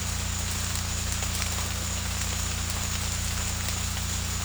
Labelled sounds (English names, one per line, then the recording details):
none
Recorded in secondary vegetation near Puerto Asís, Putumayo, Colombia, on 18 December 2024 at 16:00
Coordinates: 0.485, -76.322
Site GP08